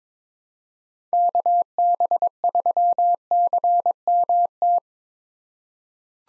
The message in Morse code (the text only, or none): KB3CMT